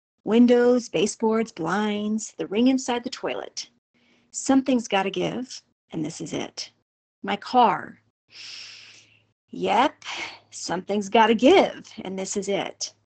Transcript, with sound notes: Windows, baseboards, blinds, the ring inside the toilet. Something’s gotta give and this it. My car. (Place a dramatic and pause and audible exhale here) Yep, something’s gotta give and this is it.